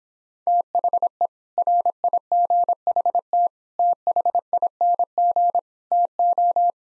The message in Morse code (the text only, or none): THE RIGHT THING TO